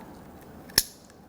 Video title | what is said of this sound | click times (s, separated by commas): How to Replace Rear Power Window Switches 1992-1996 Toyota Camry | simply press it in until you feel and see both of these retaining tabs locked into place | 0.8 s